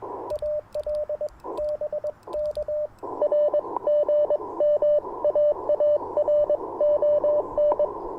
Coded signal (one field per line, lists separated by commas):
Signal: Morse code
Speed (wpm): 21 wpm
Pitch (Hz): 590 Hz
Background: radio noise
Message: AL BK R GM AARON